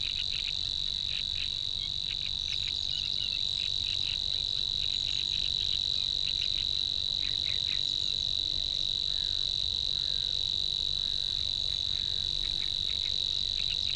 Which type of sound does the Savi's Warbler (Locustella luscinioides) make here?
song